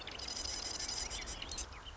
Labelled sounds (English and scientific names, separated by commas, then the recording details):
Marsh Wren (Cistothorus palustris)
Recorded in Sonoma County, California